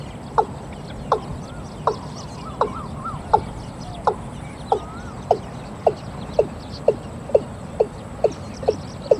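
Watercock repeating sharp clucks, while another bird warbles softly in the background.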